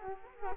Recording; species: mosquito wingbeat signal from an infrared sensor; Culex quinquefasciatus